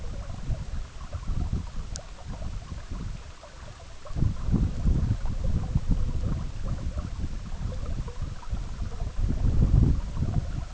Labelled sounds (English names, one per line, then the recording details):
none
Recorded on Arctic tundra, site EABA-MC, on 17 June 2019
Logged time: 04:00